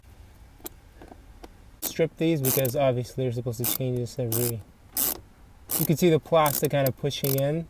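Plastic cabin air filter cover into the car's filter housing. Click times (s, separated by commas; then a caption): 0.7 s. A plastic cabin air filter cover is slid along a plastic guide into the car's filter housing and pops into place with a sharp click at 0.7 s, followed by a few faint ticks. After that, someone talks.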